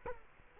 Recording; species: mosquito wingbeat signal from an infrared sensor; Culex quinquefasciatus